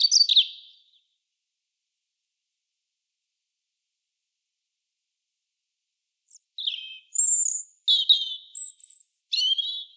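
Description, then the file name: European robin song: a quick high flourish, a long silence, then a sequence of separate silvery phrases with sharp rising and falling notes. "Erithacus rubecula"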